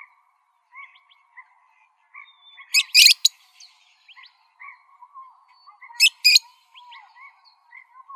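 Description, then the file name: Parrots uttering two bursts of loud, harsh screeches about three seconds apart amid soft chirping notes. "PFLB 3 deviche"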